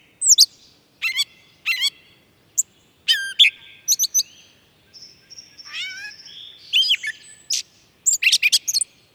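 Catbird giving a rambling medley of squeaky, scratchy and whistled notes in short clusters, with varied pitch and irregular pauses between phrases.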